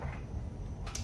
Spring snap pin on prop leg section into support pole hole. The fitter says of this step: till the spring pin locks into place